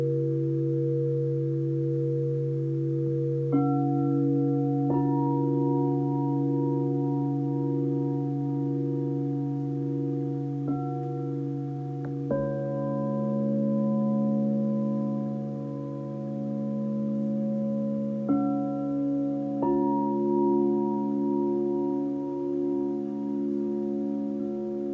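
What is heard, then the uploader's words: A sound bath of singing bowls: a low steady drone with bright tones struck near 3.5, 5, 11, 12, 18 and 20 seconds, ringing on. Live Virtual Sound Bath.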